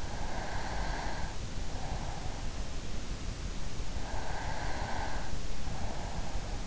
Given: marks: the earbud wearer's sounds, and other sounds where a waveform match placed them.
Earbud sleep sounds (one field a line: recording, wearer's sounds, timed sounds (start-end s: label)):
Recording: sounds in sleep by an in-ear microphone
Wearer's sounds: breath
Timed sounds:
0.39-2.45 s: breath
4.22-6.67 s: breath